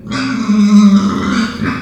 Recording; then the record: squeal of a Yucatan mini pig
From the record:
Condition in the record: after surgery on the right vocal fold (resection and tissue-engineered implant); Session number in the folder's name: 13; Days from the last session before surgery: 113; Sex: female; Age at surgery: 19 weeks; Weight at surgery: 25 kg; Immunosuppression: prednisolone